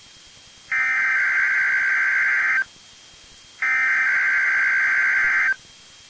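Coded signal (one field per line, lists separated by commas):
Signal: Emergency Alert System (SAME) tones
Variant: header bursts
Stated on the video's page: EAS Required Weekly Test.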